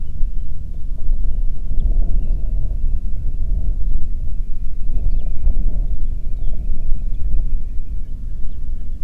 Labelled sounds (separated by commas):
bird, wind